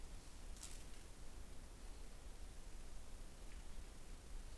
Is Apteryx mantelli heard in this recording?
no